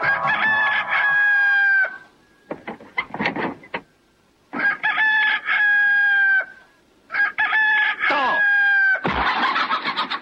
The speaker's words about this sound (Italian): La devi smettere di rompermi le scatole tutte le mattine all'alba. Ti avevo avvisato. Gallo avvisato, mezzo accoppato.